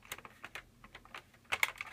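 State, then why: Not seated. A 60 GB hard drive is handled against an Xbox 360 console just before being pressed into place, producing a run of light plastic clicks and taps, with a few sharper, louder taps near the end. Nothing has seated or clicked into place yet.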